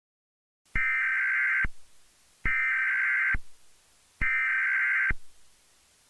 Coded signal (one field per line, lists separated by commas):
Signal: Emergency Alert System (SAME) tones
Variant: header bursts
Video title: EAS Scenario #3: When The Palm Trees Shake